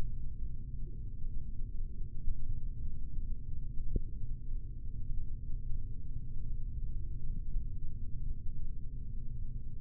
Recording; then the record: forearm muscle sounds (acoustic myography)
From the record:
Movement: rest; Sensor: system 3, bracelet of six PUI Audio POM-2738L microphones around the upper forearm, with dedicated amplification and filtering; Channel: 2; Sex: male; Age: 26 years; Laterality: right